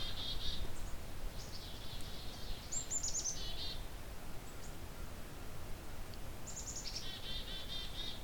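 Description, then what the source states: Black-capped Chickadee calling repeatedly: runs of hoarse, buzzy dee notes, some led by a thin high note, in three bursts against a low background rumble. Typical chickadee-dee-dee calls.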